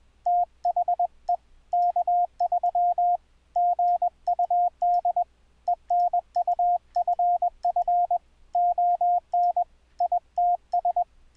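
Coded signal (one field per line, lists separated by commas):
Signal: Morse code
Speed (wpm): 20 wpm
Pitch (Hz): 700 Hz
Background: radio noise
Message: THE K3 GUD ENUFF ON ITS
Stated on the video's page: Audio CW sidetone sent over the internet using Mumble, not radio, full QSK.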